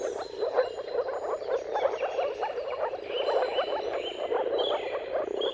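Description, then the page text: Moor frogs in a dense mating chorus, soft bubbling low yelps overlapping continuously, with bird calls and whistles above. Moor frogs in a mating chorus at sunrise, at the turn of March and April depending on the weather. "Dawn’s Chorus: Mating Calls of Marsh Frogs at Sunrise. Depending on the weather at the turn of March and April, you can witness an amazing spectacle of moor frogs. Jakub-Orzecki moor frogs"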